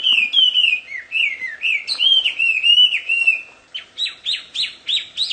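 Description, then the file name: Chinese hwamei song, a rich run of loud, varied whistled phrases rising and falling, then a series of short upward-sweeping notes given in quick succession. Wild bird in its natural habitat. "audio kicauan burung hwamei di alam liar. omkicau"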